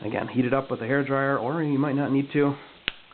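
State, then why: Seated. Someone talks while a filed-down plastic action figure neck peg, shaped with a Dremel tool and warmed with a hair dryer, is pressed into a vinyl DX12 Bruce Wayne head. A single sharp snap at 2.9 s marks the head popping onto the peg and seating.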